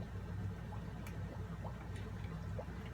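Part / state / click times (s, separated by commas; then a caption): plastic clip on canister filter head / not seated / none. A plastic clip on the head of a Fluval 306 canister filter is pushed under the filter lid to fasten it. Only a steady low hum is heard, with one faint, brief tick near 1.1 s. The clip has not clicked into place.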